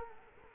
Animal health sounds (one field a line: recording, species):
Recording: mosquito wingbeat signal from an infrared sensor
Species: Culex quinquefasciatus